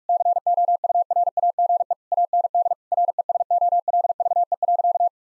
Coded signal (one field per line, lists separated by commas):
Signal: Morse code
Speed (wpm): 41 wpm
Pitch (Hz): 700 Hz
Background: none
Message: COURAGE AND RESOLVE.